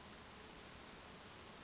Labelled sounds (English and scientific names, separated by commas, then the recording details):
Western Flycatcher (Empidonax difficilis)
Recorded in Sonoma County, California